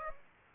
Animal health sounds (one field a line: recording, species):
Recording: mosquito wingbeat signal from an infrared sensor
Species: Aedes aegypti